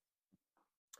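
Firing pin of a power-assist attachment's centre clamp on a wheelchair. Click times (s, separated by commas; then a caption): 0.9 s. Pressing the clamping lever on a Rehasense Eco Assist power attachment mounted on a manual wheelchair releases the spring-loaded firing pin from the centre clamp part. Two soft, low thuds around 0.3 s and 0.6 s are followed by a single sharp tick at 0.9 s, which marks the pin disengaging.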